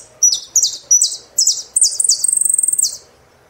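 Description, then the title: Saffron finch song of sharp, high slurred chirps that speed into a fast, even trill and end with a dropping note. "Jilguero Argentino"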